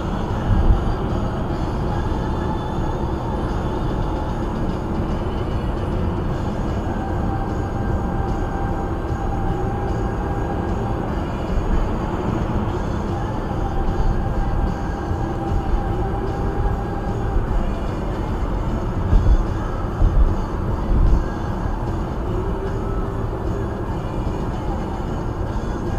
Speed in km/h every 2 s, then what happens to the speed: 74, 74, 72, 71, 69, 69, 68, 66, 66, 69, 69, 71, 69.
0-13 slows to 66. 13-26 steady at about 69.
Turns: none.